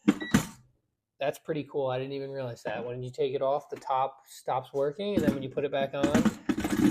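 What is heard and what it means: Someone talks while handling the removable top (heating and control unit) of a Fritaire non-toxic air fryer over its glass base, with short handling knocks near 0.1, 0.4 and 6.5 seconds. Nothing has seated or clicked into place yet.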